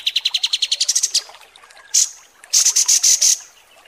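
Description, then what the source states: Kapas tembak song: a rapid run of sharp notes rising slightly in pitch, a lone high burst, then a short, very high stuttering phrase. Masteran training recording of kapas tembak song.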